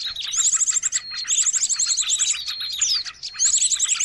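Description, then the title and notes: Birds twittering busily, with fast high trilled bursts about every one to two seconds over a constant layer of squeaky chirps. Noisy birds used as a lure for attracting birds. "Burung Ribut Pikat"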